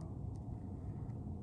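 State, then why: Not seated. The hinged lower jaw on a 1/18 scale dinosaur action figure head is being handled, with its articulated plastic jaw worked open. Only a low, steady rumble is heard throughout. Nothing has snapped shut or seated yet.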